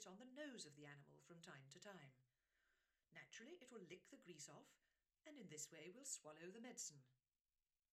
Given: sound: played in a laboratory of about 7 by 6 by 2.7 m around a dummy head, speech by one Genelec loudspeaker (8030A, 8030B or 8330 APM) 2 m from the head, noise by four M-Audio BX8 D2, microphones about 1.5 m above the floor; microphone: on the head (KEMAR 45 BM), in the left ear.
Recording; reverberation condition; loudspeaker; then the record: female speech in English; low; 90 degrees to the left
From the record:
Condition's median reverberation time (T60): about 310 ms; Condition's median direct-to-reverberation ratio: about 3.5 dB